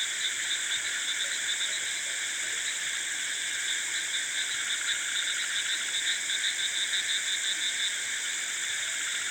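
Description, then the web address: Frogs calling in a chorus of repeated short pulsed notes over a dense, steady insect buzz and trilling at several pitches. Frogs with insects in a rice field in South India at night, recorded both close and wide. "South India sound library by Faunethic Rice field frogs and insects close, wide at night"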